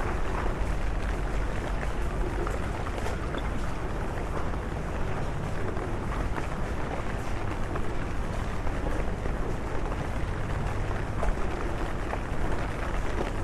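A rainy walk through London, with a dense, constant wash of rain and street noise that never lets up. Low traffic rumble runs underneath throughout, and small crisp ticks and patters scatter across the top. The level stays even for the whole stretch.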